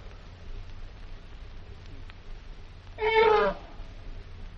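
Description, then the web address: Elephant trumpeting: a single brassy, rasping blast about half a second long, over a steady low background hum. "zvukt kogato slont trbi"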